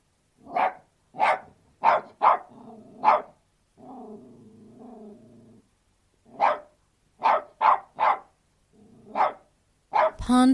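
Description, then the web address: Australian terrier barking in sharp bursts, broken by low rumbling growls, then more quick barks, with a brief harsh tonal noise at the close. An Australian terrier barking outdoors. "australian terrier barking exterior"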